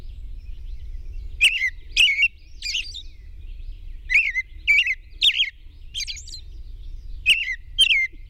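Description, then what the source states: European robin delivering short clusters of high, trilling, wavering notes in quick succession, then a pause and more phrases, over faint low hum. Recorded at dawn on 21 June 2001.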